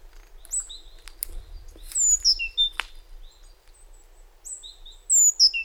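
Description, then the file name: Great tit calls: scattered high, thin chirps sliding downward, some sharp notes grouped near the end, with a few brief clicks in between. "Parus major"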